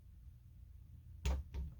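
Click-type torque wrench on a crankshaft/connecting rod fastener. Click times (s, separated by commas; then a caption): 1.3 s. An inexpensive Harbor Freight click-type torque wrench tightens a fastener on the crankshaft and connecting rod subassembly of a 1970 VW Bug engine, at a low setting of roughly 10 or 15. Over a quiet low hum, the wrench gives a sharp, clear click at 1.3 s, followed by a softer second knock at about 1.5 s. The wrench clicks at its set torque, and the click is easy to hear.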